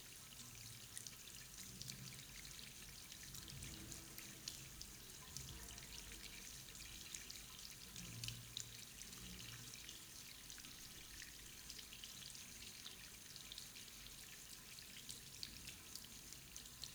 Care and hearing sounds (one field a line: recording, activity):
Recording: daily activity, guitar pickup as the sensor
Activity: wash hands